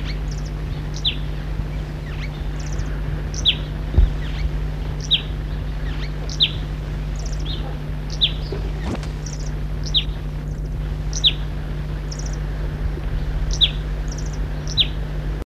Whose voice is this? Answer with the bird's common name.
Cape Sparrow